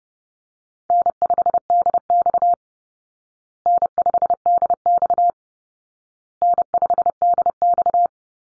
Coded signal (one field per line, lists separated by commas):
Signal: Morse code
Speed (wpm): 30 wpm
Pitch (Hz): 700 Hz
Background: none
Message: N5DX N5DX N5DX